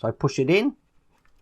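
Someone talks while pushing a plastic retaining piece over the top and onto the engine spindle of a scale model Mitsubishi A6M Zero fighter, to stop the engine coming out. After the speech, only faint, quiet handling sounds follow. Nothing has seated or clicked yet.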